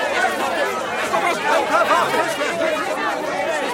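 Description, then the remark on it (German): A dense crowd of reporters at a newly built power plant shouting questions at Nikola Tesla and George Westinghouse as they arrive, a loud, steady wall of overlapping voices with no single speaker standing out and no pauses. “Es ist laut, hunderte Stimmen, hunderte Fragen.”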